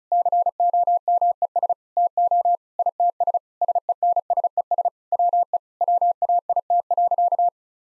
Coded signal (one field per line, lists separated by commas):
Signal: Morse code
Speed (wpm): 34 wpm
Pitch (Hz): 700 Hz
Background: none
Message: COMES TO ITS SENSES WE WAIT.